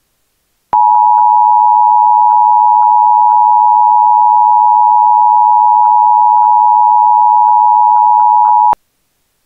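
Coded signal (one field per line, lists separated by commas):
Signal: Emergency Alert System (SAME) tones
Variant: 853 and 960 Hz attention tone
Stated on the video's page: EAS AMBER Alert tones broadcast throughout Northern Wisconsin including the Twin Ports.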